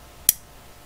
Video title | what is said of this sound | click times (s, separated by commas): Electronics - Gopro Hero 9 Cage By SmallRig 3084 Accessories QL Info N More - 6 7th 21 | so that's what you hear when it snaps there's one magnet here which is nice | 0.3 s